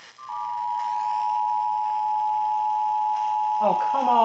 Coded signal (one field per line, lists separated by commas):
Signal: Emergency Alert System (SAME) tones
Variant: 853 and 960 Hz attention tone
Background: speech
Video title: No End In Sight... | EAS #3417-3812 (Severe Weather Alerts from 5/26-27/2022)